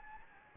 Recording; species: mosquito wingbeat signal from an infrared sensor; Anopheles gambiae